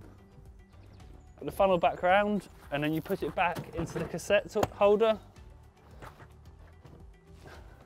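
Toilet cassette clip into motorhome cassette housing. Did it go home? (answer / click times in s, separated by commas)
no / none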